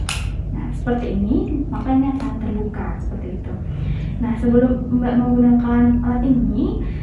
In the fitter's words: untuk cara membukanya sendiri kita tarik tuasnya ke arah bawah sampai berbunyi klik nah